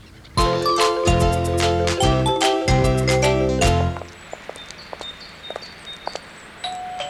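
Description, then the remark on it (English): A doorbell rings out a loud, melodic ding-dong chime, its bright notes struck repeatedly and ringing for a few seconds before fading into near quiet with faint clicks and a soft tone. “Ding dong! Ding dong!”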